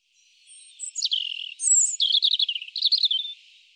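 European robin song: a high sliding note followed by a run of quavering twitters and trills.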